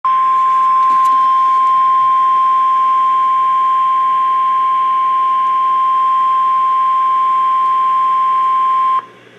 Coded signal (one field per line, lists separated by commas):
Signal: Emergency Alert System (SAME) tones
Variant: 1050 Hz attention tone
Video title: Severe Thunderstorm Warning (EAS #1,808) - 6/20/18